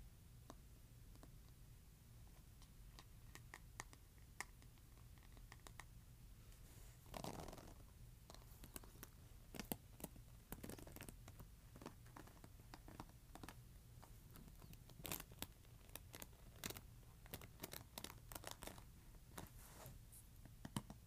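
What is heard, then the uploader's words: A hairbrush scratches in quick, irregular strokes over a steady low hum, with a longer rough scrape around seven seconds. ASMR Scratching Hairbrush.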